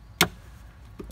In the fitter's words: should just go in here this snaps into place